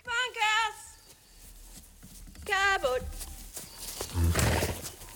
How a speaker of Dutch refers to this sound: roept haar paarden terwijl ze een bal stro de wei ingooit.